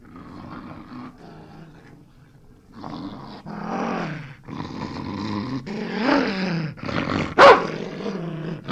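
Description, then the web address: Dog growls softly, then breaks into louder snarling and snapping, with one sharp bark near the end. Angry dog snapping and growling with a few barks. "Sound Effects-BBC Dog"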